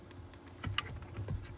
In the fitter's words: just like that, and then you'll push and you'll hear it click,